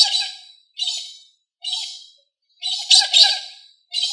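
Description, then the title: Australorp chicken uttering rough, noisy squawking calls repeated roughly once a second, the fourth call longer and louder. "manok ostrali"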